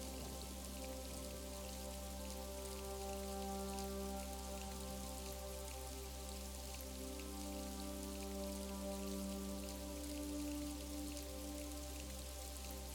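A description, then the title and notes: Steady, dense rain hisses throughout while soft, sustained low music notes drift and shift underneath, over a constant deep hum. The Sound of the STORM and the Soothing MUSIC.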